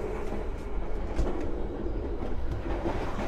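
A sliding door latch on the gangway door between passenger cars of a moving train is handled as someone walks through toward the restaurant car. The steady rumble and clickety-clack of the train fill the clip, with a few soft knocks. The door has not latched yet and no click is heard.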